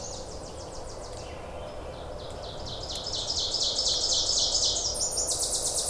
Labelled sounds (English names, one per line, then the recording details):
Ovenbird song
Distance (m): 20 m
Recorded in boreal forest in Alberta, Canada, on 26 May 2016 at 07:54
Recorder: SongMeter 3, array SBT-3-15
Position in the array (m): 52 m, 221 m
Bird 20